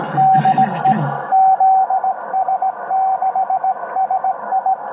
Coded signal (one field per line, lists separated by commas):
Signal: Morse code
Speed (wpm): 18 wpm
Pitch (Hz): 760 Hz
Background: radio noise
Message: DE ZS6SI